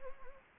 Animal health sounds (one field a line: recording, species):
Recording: mosquito wingbeat signal from an infrared sensor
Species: Anopheles gambiae